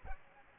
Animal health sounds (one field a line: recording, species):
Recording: mosquito wingbeat signal from an infrared sensor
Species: Aedes albopictus